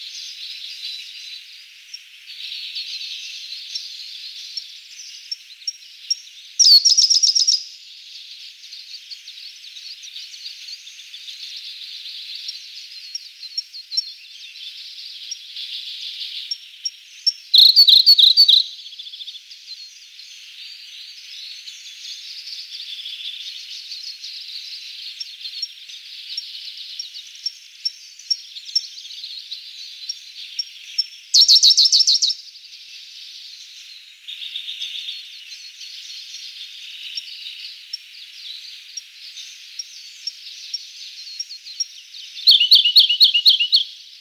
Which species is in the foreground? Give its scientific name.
Luscinia cyane